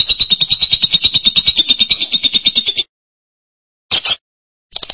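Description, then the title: Lovebird chattering: nearly three seconds of fast, pulsing, high buzzy twitter, then silence and two brief harsh chirps. "BM Suara Burung Lovebird"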